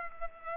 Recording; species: mosquito wingbeat signal from an infrared sensor; Culex pipiens